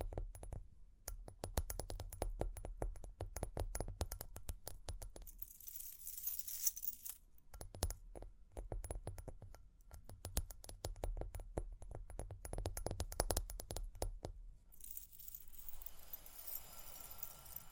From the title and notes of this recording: ASMR Relaxing Tapping, Scratching, Ear Cleaning with Jingling Sounds (No Talking).